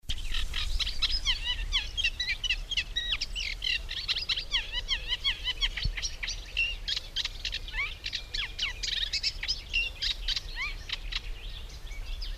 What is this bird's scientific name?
Acrocephalus scirpaceus